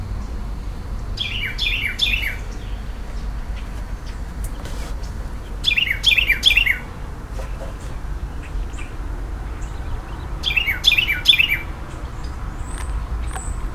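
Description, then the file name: Carolina wren singing short bursts of three loud rolling whistled phrases, repeated about every four to five seconds over steady low rumbling background noise. "Thryothorus ludovicianus song"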